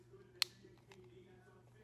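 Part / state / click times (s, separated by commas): plastic logo insert into aluminium phone rear housing / seated / 0.4 s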